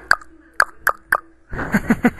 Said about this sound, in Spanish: Ese sonido hacen las castañuelas.